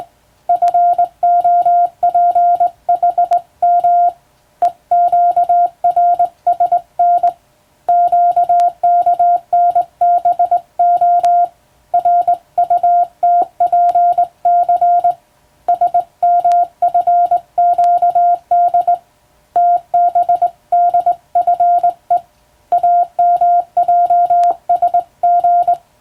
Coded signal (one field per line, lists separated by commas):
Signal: Morse code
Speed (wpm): 21 wpm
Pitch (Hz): 700 Hz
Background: none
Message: FOPHM EQRSN QKNBO RUTPC SMFQD TBDFE AMJSG